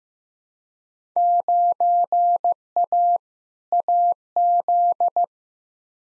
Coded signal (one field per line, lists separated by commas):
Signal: Morse code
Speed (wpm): 15 wpm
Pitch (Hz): 700 Hz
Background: none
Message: 9A AZ